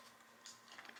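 A plastic training wheel clip is handled against a balance bike frame after the training wheels are turned around, ready to be pushed back on. Soft rustling gives way to a brief knock around 0.5 s and two sharp taps near 0.8 s and 0.9 s. Nothing has seated or clicked yet.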